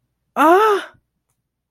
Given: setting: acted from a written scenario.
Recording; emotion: vocal sound without words; elation